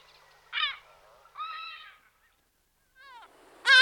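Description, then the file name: Lesser black-backed gull calls, a few scattered harsh notes with pauses between them, ending in one loud abrupt squawk. "Racek zlutonohy Larus fuscus"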